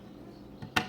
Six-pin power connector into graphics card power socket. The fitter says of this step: pops right in so now you've got power going